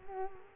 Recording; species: mosquito wingbeat signal from an infrared sensor; Culex quinquefasciatus